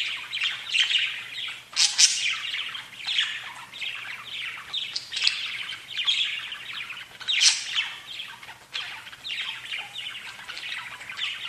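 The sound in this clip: Budgerigar chattering nonstop, harsh warbling squawks interleaved with sharp, high chirps.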